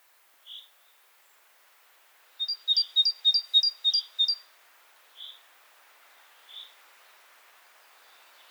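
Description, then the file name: Great tit: a quick burst of several sharp two-note phrases, with isolated rounder single notes before and after it. "Parus major"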